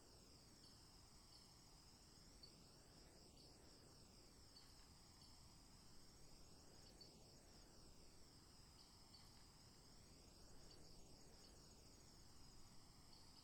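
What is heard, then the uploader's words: A steady summer afternoon outdoors, filled with a dense, unbroken shimmer of insects, likely crickets, high and bright. The level stays even throughout, with a soft low rumble underneath and a faint bird call now and then. Summer Afternoon in the Outdoors.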